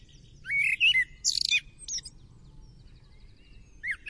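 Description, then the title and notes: Bird song: a few bright, high chirps and twittering phrases in quick bursts, then a pause and a short sharp note at the end, over a faint low rumble. "Bird Sound. Kicau Burung Lengkap"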